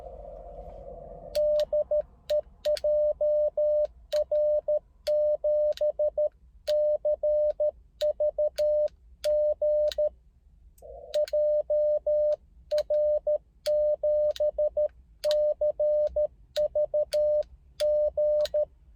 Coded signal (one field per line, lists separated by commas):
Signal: Morse code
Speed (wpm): 13 wpm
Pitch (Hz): 600 Hz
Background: none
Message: DE JR7CVG JR7CVG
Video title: モールス通信 CW 交信の様子【初心者】/ Morse Code QSO on 30m